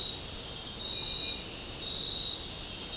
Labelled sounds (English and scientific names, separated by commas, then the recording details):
none
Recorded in dense forest near Puerto Asís, Putumayo, Colombia, on 13 March 2025 at 00:30
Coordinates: 0.467, -76.328
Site G041